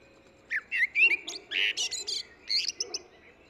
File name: Eurasian Blackbird